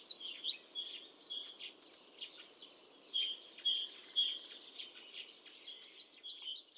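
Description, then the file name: Eurasian blue tit: a thin, high falling note leads into a rapid, level trill lasting about two seconds, while other birds chirp and twitter around it. "Cyanistes caeruleus"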